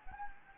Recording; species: mosquito wingbeat signal from an infrared sensor; Anopheles gambiae